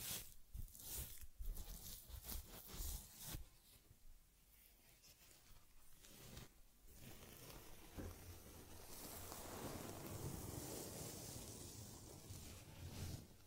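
Brushing and rubbing sounds from caring for a teddy bear: short, bright scratchy strokes come in quick bursts through the first four seconds, with another stroke near six and a half. From about eight seconds a steady, dense, hissing rub continues to the end.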